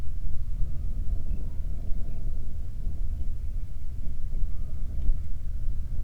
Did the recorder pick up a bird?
yes